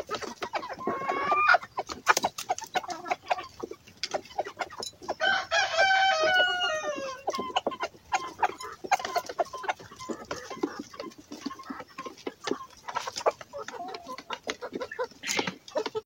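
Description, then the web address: Chicken clucking busily throughout while a rooster gives one extended crow midway, followed by more rapid clucking. Rooster calling hens to come and eat watermelon. "petuh zavyot kurochek kushat arbuz"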